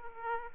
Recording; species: mosquito wingbeat signal from an infrared sensor; Aedes aegypti